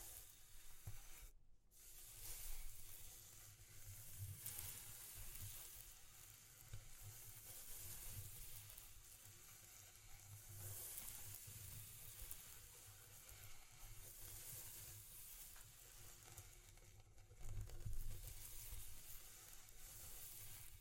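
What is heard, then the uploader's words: A dense, steady sizzling texture, like something frying, fills the whole clip with bright hiss. Underneath, a low rumble swells and fades irregularly. The hiss cuts out briefly near 1.5 seconds and again around 17 seconds, followed by a louder low surge. ASMR Exploring Textures (No Talking).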